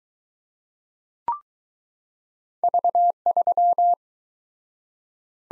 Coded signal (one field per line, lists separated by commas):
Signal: Morse code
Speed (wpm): 21 wpm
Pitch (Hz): 700 Hz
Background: none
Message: V3